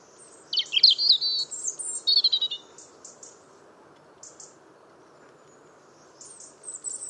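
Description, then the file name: European robin song: two high, tumbling warbled phrases with thin trills and slides, separated by short pauses, then a few faint high notes near the end. "Erithacus rubecula"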